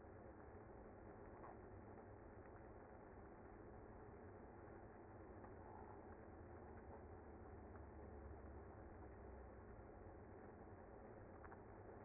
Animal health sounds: honeybee colony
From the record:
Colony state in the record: active

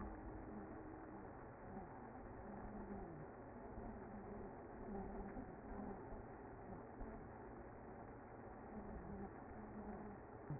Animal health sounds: honeybee colony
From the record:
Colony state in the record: active

